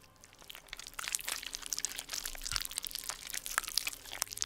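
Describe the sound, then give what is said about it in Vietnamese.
Steady, crunchy chewing of a raw silver carp, with dense wet crackles and snapping bites running for several seconds, moderately loud and with no talking. “Thỉnh thoảng có đứa nó nổi lên, nó cầm con cá mè trắng bạc, rồi sau đó nhai rau ráu.”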